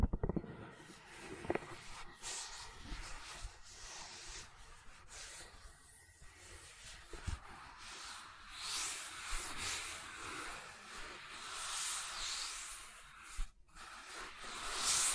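Gentle silicone sounds made by soft rubbing and brushing, a steady airy hiss that swells and fades in slow waves. A few small taps or clicks come near the start and around seven seconds, with brief pauses at about six and thirteen seconds.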